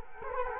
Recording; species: mosquito wingbeat signal from an infrared sensor; Culex quinquefasciatus